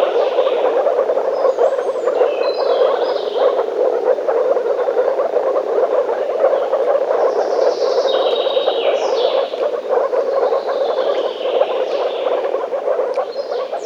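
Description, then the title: Frogs calling in a thick, unbroken croaking chorus while short high chirps and whistled sweeps come and go. Frogs calling in a forest. "лягушки (frogs in the forest)"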